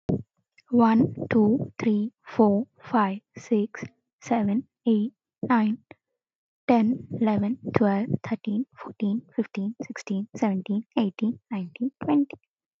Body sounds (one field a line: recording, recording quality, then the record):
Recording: counting at a normal pace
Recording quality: excellent, no background noise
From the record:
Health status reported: exposed to COVID-19, no respiratory illness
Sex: female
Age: 23 years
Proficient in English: yes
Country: India